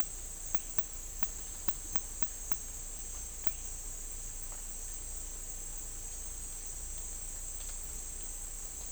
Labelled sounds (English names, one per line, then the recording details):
none
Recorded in dense forest near Puerto Asís, Putumayo, Colombia, on 18 December 2024 at 10:30
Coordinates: 0.484, -76.317
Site G026